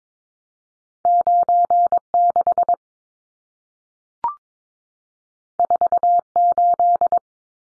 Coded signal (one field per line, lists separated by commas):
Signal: Morse code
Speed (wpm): 22 wpm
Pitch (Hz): 700 Hz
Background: none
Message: 96 48